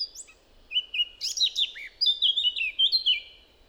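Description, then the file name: Eurasian blackcap song, scratchy varied notes followed by a quick series of clear fluty whistles. "Sylvia atricapilla"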